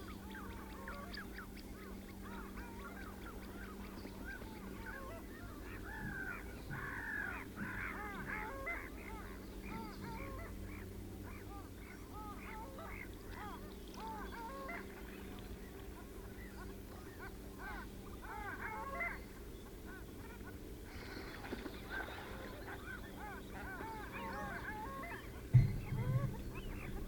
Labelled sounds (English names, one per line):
Common Shelduck courtship call